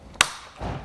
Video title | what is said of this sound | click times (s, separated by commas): etrailer - Installing the Yakima RidgeLine Roof Rack for Flush Rails on your 2019 Ford Fiesta | so you'll hear that click do it twice like a gas cap | 0.2 s